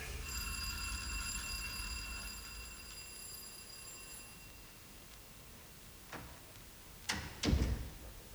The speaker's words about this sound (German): Es hat geklingelt, Vater.